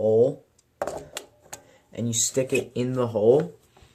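Someone talks while handling a spring-loaded toilet paper roller pole, lining its end up with the hole in a wall-mounted holder and sticking it in. Short sharp knocks are heard around 0.8, 1.2 and 1.5 seconds between the talking. Nothing has snapped into place yet.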